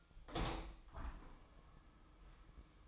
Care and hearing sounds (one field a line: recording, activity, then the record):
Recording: daily activity, microphone in the room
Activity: open window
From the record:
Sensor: 1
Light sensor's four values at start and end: 8/21/8/9 and 8/21/8/9